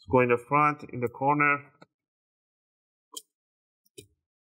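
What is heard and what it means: Someone talks, then an opening tool is pushed into the front corner between the plastic bottom cover and the palm rest of an HP Omen 17 an101 gaming laptop and twisted to release the snap clips during a battery replacement. A sharp click at 3.2 s marks the clips popping loose, followed by fainter clicks around 3.9 and 4.0 s. The front of the bottom cover is released and comes loose easily.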